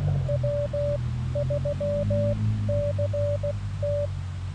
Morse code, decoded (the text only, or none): W3CT